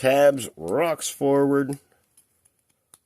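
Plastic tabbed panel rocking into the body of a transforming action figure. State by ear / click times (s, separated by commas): seated / 2.9 s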